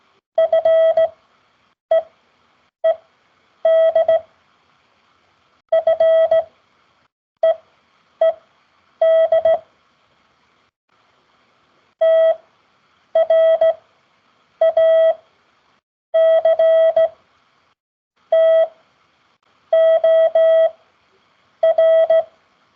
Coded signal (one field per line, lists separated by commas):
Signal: Morse code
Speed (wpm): 16 wpm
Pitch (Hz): 650 Hz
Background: none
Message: FEED FEED TRACTOR